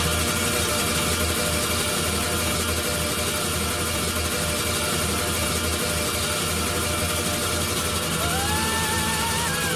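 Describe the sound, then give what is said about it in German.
A loud, steady engine roar fills the whole stretch, dense and unbroken, with a rising whine swelling in over the last couple of seconds as the engines sweep past. “Bis hier höre ich die Motoren. Wie ein Pfeil zieht sie vorbei. Und es dröhnt in meinen Ohren.”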